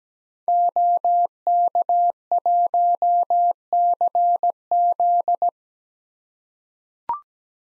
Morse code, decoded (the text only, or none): OK1CZ